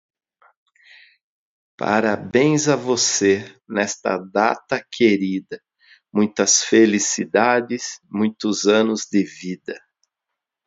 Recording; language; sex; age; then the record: short text; Brazilian Portuguese; male; 50 to 59 years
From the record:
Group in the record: control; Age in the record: 51 years